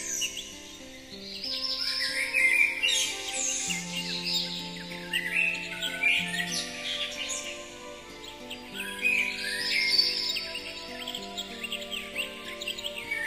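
Bird chirps and twittering trills come in lively bursts of several seconds, some notes sweeping high, over soft sustained low tones that shift in steps.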